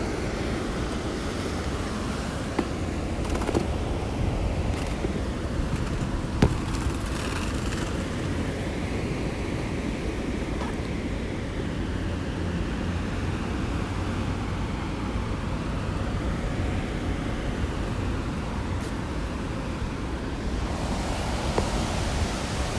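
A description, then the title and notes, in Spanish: The sea roars in a steady, dense wash of low rumbling surf that barely changes in level throughout. A few sharp clicks stand out early on, near three and six seconds, and a brighter hiss of water swells in toward the end. Sonidos del mar. Paisaje sonoro del mar y su tranquilidad. Grabado en Chorrillos - Lima.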